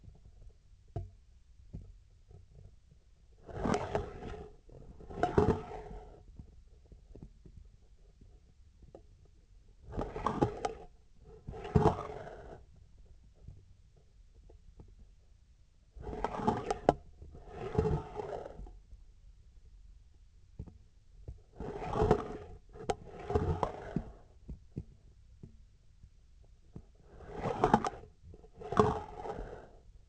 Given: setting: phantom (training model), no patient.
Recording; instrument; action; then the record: laparoscopic instrument, vibration sensor on the handle end; scissors; approaching and retracting movements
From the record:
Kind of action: spatial motion